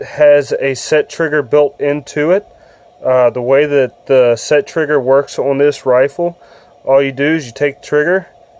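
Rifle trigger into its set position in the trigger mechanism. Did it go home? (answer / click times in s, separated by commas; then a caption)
no / none. Someone talks about the set trigger built into a CZ 527 rifle, explaining that the metal trigger is pushed forward until it clicks into its set position in the trigger mechanism. Only speech is heard, with a faint steady hum underneath. The trigger has been handled but has not yet clicked or seated.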